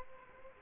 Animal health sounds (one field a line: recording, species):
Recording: mosquito wingbeat signal from an infrared sensor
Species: Culex quinquefasciatus